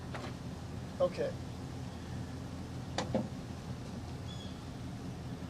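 A Q'Straint wheelchair tie-down retractor fitting is dropped into a high-top van's metal floor track and slid along until it locks. A single short click at 0.2 s shows it has seated. Someone talks over faint background noise, and two more short knocks follow around 3.0 s.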